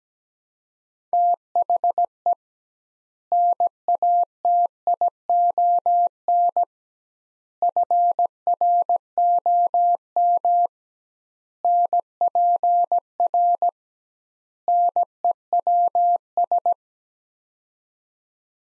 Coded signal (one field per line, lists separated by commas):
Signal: Morse code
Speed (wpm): 17 wpm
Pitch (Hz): 700 Hz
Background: none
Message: THE NATION FROM NPR NEWS